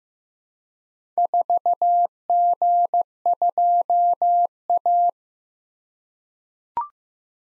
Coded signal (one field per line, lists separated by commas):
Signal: Morse code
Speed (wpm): 15 wpm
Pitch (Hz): 700 Hz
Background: none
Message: 4G2A